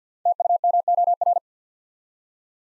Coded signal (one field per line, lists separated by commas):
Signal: Morse code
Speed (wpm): 50 wpm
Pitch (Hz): 700 Hz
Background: none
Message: TUMOR